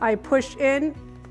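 A Bowens-style bayonet mount adapter with square teeth is being pushed in and twisted into a Flashpoint XPlor 600 Pro TTL strobe light while someone talks over background music. The clip ends before the mount locks, so nothing has seated or clicked yet.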